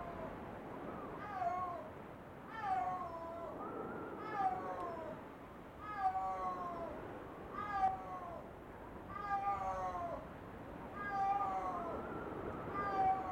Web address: SNOW LEOPARD. wilderness songs